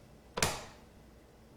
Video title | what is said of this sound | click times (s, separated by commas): Build Mitzvah COMPLETE 4k (parts 1-4) | You will hear this side with the lever. You'll hear it click. | 0.4 s